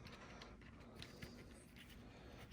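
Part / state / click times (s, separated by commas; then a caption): plastic accessory piece into toy vehicle socket / not seated / none. A plastic accessory piece is pushed into a socket on a plastic G.I. Joe Retro A.W.E. Striker toy vehicle and twisted a little, making faint plastic taps and scrapes at about 0.1, 0.4, 0.6, 1.0 and 1.2 seconds over a low steady hum. The piece does not fit tightly and does not lock in; nothing has seated or clicked.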